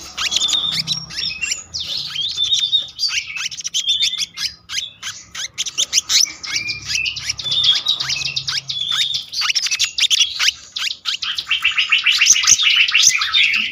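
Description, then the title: Selendang biru songbird singing a continuous rolling stream of high chirps, trills and whistles with barely a pause throughout. Song style called gacor ngeroll, a continuous rolling song, with isian phrases. "BURUNG SELENDANG BIRU GACOR NGEROLL ISIAN"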